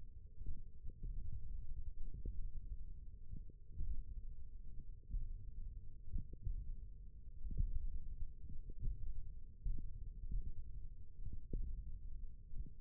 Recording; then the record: forearm muscle sounds (acoustic myography)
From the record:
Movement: finger pinch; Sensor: system 1, eight BSWA MPA416 microphones around the upper forearm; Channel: 4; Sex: male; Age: 20 years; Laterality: left